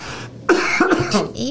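An adult man, a radio host on air, gives about five voiced, throaty cough bursts in two quick runs, with a short quiet gap between them. It is a plain dry-sounding cough fit, picked up close to a studio microphone in a small room.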